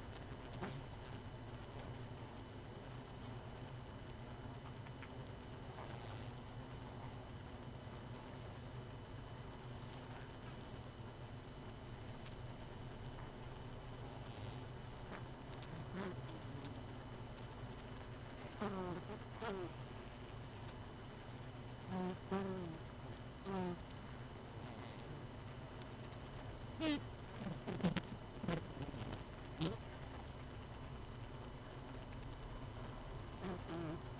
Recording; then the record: honeybee colony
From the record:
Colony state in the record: missing queen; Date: 31 May 2018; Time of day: 22:06